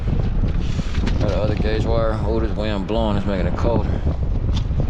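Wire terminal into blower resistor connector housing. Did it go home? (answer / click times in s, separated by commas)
no / none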